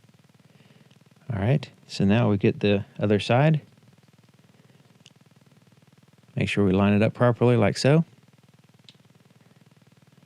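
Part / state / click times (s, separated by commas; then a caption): key fob housing half onto fob body / not seated / none. Someone talks while lining up the plastic half of a Chevrolet, Buick or GMC key fob shell against the other half during a battery replacement, before pushing them together. Faint ticks are heard at about 5.1 s and 8.9 s between the speech. Nothing has seated or clicked yet, and since the plastic is soft it may not snap audibly.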